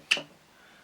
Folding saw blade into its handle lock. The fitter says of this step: and it clicks in place